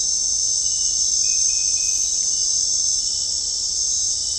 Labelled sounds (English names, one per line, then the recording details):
none
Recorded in dense forest near Puerto Asís, Putumayo, Colombia, on 20 December 2024 at 21:30
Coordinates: 0.499, -76.324
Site G045